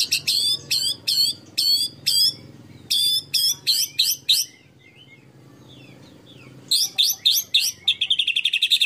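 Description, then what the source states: Canary song of loud repeated chirping phrases, a quiet gap of about two seconds, then bright chirps leading into a quick high trill. Long-duration canary song used as a master (tutor) for training songbirds.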